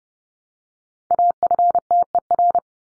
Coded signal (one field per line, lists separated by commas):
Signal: Morse code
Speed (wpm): 30 wpm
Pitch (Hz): 700 Hz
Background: none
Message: AFTER